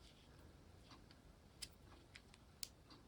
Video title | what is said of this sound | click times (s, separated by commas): How To Change Band Apple Watch | you go don't have you heard that click and now it's it's really secure i'm wiggling it around it won't come off | 2.6 s